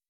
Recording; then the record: hydrophone in a shrimp aquaculture tank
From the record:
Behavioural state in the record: weakened